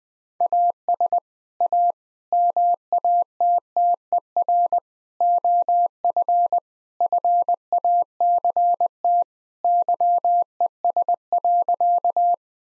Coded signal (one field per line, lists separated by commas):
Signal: Morse code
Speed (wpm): 21 wpm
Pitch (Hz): 700 Hz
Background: none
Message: AS A MATTER OF FACT YES.